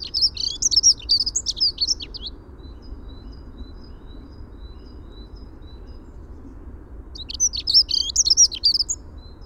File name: Prunella modularis - Dunnock